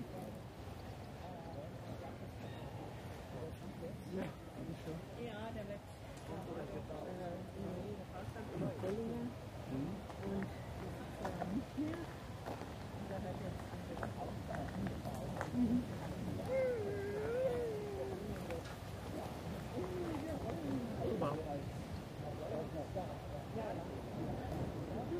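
Crowd chatter in Munich's Englischer Garten, with overlapping voices and fragments of conversation passing by throughout. The murmur is dense and fairly steady, growing slightly fuller after the midpoint, with a few brief knocks and clicks scattered through it.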